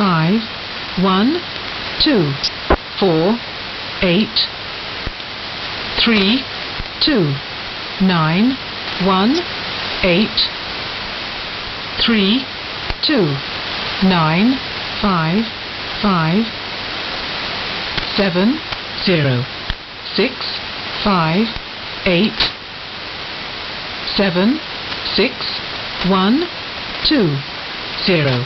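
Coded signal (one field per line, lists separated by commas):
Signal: numbers station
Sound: a voice reading short number words at a steady, evenly spaced pace over hiss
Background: radio static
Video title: UNID Numbers station 6920kHz AM 26-01-2013 1929z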